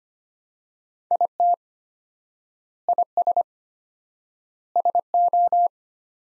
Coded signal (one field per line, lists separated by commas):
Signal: Morse code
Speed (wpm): 25 wpm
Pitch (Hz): 700 Hz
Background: none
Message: IT IS SO